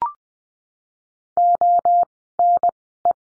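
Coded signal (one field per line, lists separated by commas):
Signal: Morse code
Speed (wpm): 20 wpm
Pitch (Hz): 700 Hz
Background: none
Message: O N E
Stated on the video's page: Morse code course lesson drilling words with the letter I, at Farnsworth speed of 20/10 wpm.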